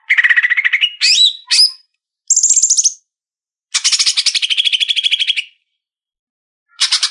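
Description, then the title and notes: Leafbird song: a rising whistled phrase, quick slurred notes, a high buzzy trill, then a long rattling trill and one more harsh burst after a pause. "Cucak Ijo"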